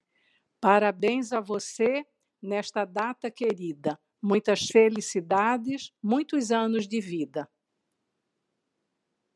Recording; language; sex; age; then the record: short text; Brazilian Portuguese; female; 60 to 69 years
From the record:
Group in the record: control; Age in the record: 67 years